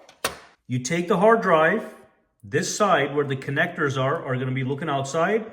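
A button on a hard drive tray in a UGREEN NASync DXP4800 Plus NAS bay is pressed, and the tray latch pops out with a sharp click at 0.3 s. Someone then talks. The drive tray is released and pushed out.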